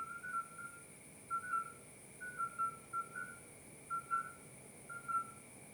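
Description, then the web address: Midwife toads: brief clear fluting toots, often in pairs at two slightly different pitches, repeating roughly every second, over a constant background hum. Recorded 30 May 2024 at 22:30, at night. "que-especie-e-esta-som-de-sapo-parteiro 2024-05-30-22 30"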